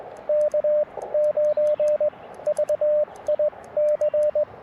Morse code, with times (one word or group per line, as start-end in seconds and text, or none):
0.3-2.1 K9
2.5-4.4 VIC